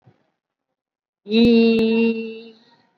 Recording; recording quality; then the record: sustained vowel as in beet; excellent, no background noise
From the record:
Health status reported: COVID-19 positive, moderate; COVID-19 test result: positive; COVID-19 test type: RT-PCR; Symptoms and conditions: cough, fatigue, muscle pain, pneumonia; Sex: female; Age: 68 years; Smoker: no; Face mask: worn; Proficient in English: no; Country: India